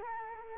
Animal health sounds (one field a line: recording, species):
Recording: mosquito wingbeat signal from an infrared sensor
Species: Culex quinquefasciatus